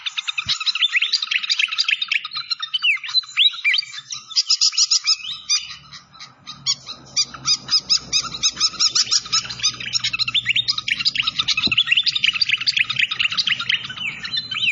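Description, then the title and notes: Malaysian pied fantail song: dense, rapid chattering and squeaky notes pouring out almost without pause, with a soft low rushing sound underneath through the middle. Masteran (bird-training recording) of clear-voiced song mixed with the sound of flowing water. "Masteran Sikatan Kipas Suara Jernih Dan Suara Gemericik Air. Suara Burung Sikatan Londo"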